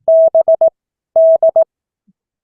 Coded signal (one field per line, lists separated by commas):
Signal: Morse code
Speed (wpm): 18 wpm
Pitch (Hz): 650 Hz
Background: none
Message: B D